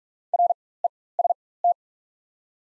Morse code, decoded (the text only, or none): REST